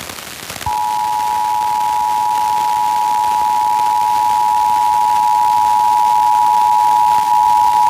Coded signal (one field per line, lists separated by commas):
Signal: Emergency Alert System (SAME) tones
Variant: 853 and 960 Hz attention tone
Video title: PA CIV RWT (plus some other RWT relay) on WQCK (3/1/22)(EAS 1118-1119)